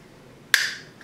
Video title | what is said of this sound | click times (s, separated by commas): Matériel : SRT pédale accélérateur v5.2 | alors ce capot simplement se clipse en faisant un bruit particulièrement satisfaisant voilà | 0.5 s